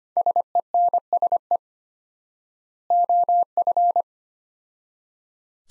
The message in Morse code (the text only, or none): SENSE OF